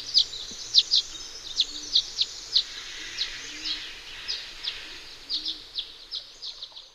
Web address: Songs of Birds of North America Know Your Bird Sounds. Violet-green Swallow